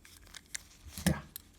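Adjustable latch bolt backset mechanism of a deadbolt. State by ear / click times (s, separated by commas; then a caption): seated / 1.4 s. The adjustable latch bolt backset mechanism of a Defiant Square Electronic Deadbolt is twisted by hand to shorten it to the 2-3/8 inch setting, making small ticks and scraping rattles that build to a louder grinding rattle around 1.0–1.1 s. A sharp click at 1.4 s marks the adjuster locking into place at 2-3/8 inches.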